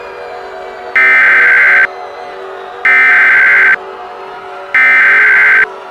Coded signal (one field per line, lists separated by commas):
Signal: Emergency Alert System (SAME) tones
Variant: header bursts